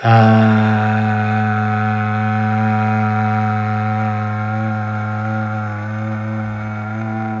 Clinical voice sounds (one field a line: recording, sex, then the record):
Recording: sustained vowel /a/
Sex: male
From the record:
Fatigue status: fatigue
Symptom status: symptomatic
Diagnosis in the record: COVID-19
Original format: m4a